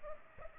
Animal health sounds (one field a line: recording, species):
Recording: mosquito wingbeat signal from an infrared sensor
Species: Culex pipiens